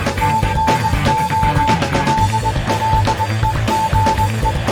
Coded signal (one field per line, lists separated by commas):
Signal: Morse code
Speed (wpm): 20 wpm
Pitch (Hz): 880 Hz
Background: music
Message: TNO DLEGE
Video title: Ham College 105